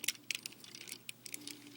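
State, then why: Not seated. A plastic add-on chest plate from the FansProject TFX-04 Protector (Rodimus Prime) upgrade set is worked against an action figure's torso, its small notches being fitted toward the grooves. Light plastic ticks and scrapes come in quick bursts, with sharper taps near 0.1, 0.3 and 1.8 seconds. Nothing has seated or clicked into place yet.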